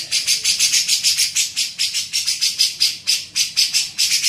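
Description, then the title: Grey-cheeked bulbul pouring out an unbroken run of dry, buzzy pulses in rapid succession. Used for training songbirds (masteran). "CUCAK JENGGOT"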